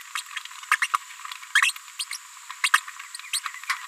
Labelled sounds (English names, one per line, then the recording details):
Green-rumped Parrotlet babbling
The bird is a female
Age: 31 days
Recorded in a nest box in Venezuela
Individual 17B73B2